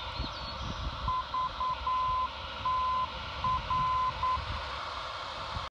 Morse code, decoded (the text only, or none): VTR